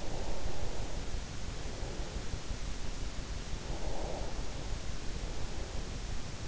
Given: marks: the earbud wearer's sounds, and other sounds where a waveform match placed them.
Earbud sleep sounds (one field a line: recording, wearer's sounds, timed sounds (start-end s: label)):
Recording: sounds in sleep by an in-ear microphone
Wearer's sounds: breath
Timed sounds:
0.00-2.38 s: breath
3.77-6.15 s: breath